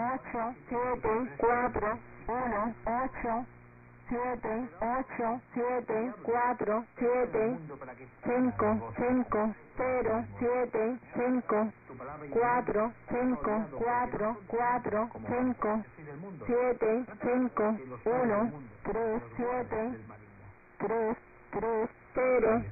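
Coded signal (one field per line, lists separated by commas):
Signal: numbers station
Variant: HM01, Spanish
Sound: a voice reading single digits in short, evenly spaced words over radio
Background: radio static, low hum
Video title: HM01 30/04/2023 0730 UTC 9330kHz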